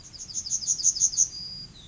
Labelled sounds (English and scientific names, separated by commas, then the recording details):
Yellowhammer (Emberiza citrinella) song
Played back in forest
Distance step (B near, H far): D
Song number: 173